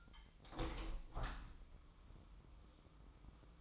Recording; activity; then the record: daily activity, microphone in the room; open window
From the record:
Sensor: 1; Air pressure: 1006.6 hPa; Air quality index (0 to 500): 210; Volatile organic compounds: 25 ppm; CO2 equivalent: 2827 ppm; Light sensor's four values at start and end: 12/31/12/14 and 13/33/13/14